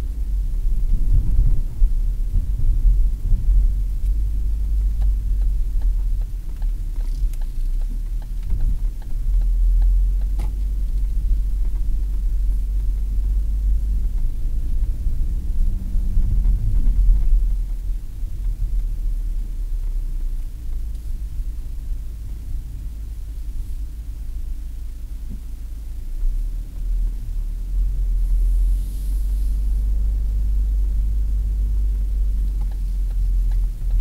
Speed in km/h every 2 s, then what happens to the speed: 40, 38, 33, 28, 16, 18, 23, 25, 31, 27, 21, 15, 8, 9, 14, 22, 18.
0-8 slows to 16. 8-16 speeds up to 31. 16-23 slows to 8. 27-29 speeds up to 22.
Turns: 6-11, 23-27.